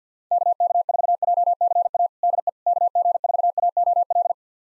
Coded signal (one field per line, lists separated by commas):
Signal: Morse code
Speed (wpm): 50 wpm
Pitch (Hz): 700 Hz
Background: none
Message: KK4JCA DE KG4AOL